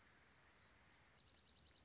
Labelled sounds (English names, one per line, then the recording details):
Dark-eyed Junco
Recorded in Sonoma County, California